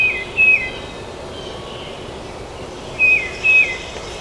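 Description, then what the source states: Tufted titmouse song: paired whistled notes, each sliding slightly downward, one pair at the start and another near three seconds, over steady background hiss. Recorded at Trempealeau on 12 May 2018.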